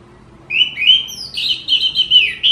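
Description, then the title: Orange-headed thrush giving an unbroken warbling song of rich, rising and falling whistles that runs for about two seconds. Songbird-hobby bird described as gacor (singing constantly), teler, doyorng and a champion singer. "Kicau Mania Suara Burung Anis Merah Gacor Teler Doyorng Juara"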